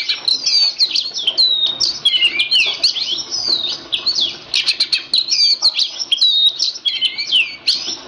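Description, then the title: Oriental magpie-robin song, an unbroken, rapid flow of high whistles, trills and chattering notes throughout. Kacer poci, national champion competition bird; song described as gacor, nembak and ngerol; recording presents seven kinds of kacer song, three minutes each. "Kacer Poci Gacor Nembak Dan Ngerol Juara Nasional. 7 macam suara kacer setiap 3 menit"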